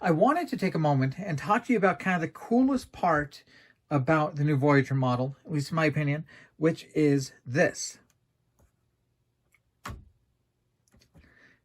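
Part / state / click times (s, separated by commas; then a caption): plastic pylon hinge in a model spaceship hull / seated / 9.9 s. Someone talks about a new Voyager model starship kit, then swings its plastic warp pylon hinge in the hull until it snaps into its detent position. A sharp click is heard at 9.9 seconds, followed by quiet handling sounds, and the hinge is seated.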